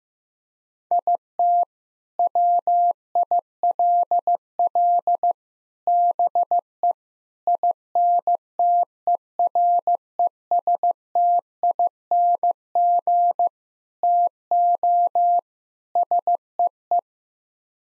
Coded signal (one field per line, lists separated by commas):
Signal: Morse code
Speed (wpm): 15 wpm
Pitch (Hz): 700 Hz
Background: none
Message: IT WILL BE INTERESTING TO SEE